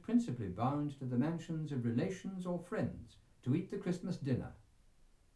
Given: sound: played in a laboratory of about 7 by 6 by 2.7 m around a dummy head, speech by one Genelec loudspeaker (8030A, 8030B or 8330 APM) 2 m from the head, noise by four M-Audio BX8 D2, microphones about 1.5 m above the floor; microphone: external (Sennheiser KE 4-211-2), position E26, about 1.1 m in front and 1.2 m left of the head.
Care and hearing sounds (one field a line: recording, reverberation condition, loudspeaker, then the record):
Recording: male speech in English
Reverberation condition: low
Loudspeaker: 60 degrees to the right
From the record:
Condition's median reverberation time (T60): about 310 ms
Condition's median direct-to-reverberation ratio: about 3.5 dB